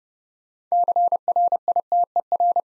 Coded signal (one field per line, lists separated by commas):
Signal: Morse code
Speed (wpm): 30 wpm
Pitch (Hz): 700 Hz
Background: none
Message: CRITER